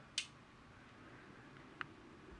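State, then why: Seated. The button on a Japanese-style switchblade, not made in Japan, with a folding guard is pressed, and the blade opens and locks into the open position in the handle. The button pops up as the blade locks in place. Sharp metallic clicks are heard at 0.2 s and 1.8 s, with a faint tick just before the second, and the blade is locked open.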